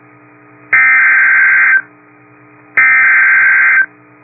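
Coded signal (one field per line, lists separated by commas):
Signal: Emergency Alert System (SAME) tones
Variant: header bursts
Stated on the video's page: Severe thunderstorm warning SAME tones received from NOAA weather radio station WXJ87 serving Madison, Wisconsin.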